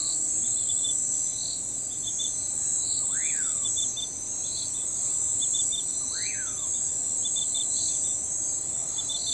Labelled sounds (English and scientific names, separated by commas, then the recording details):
Common Pauraque (Nyctidromus albicollis)
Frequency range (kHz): Common Pauraque (Nyctidromus albicollis) 0.7-2.8 kHz
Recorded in forest near Pivijay, Magdalena, Colombia, on 17 April 2023 at 04:30
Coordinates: 10.467, -74.380
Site Z5-G034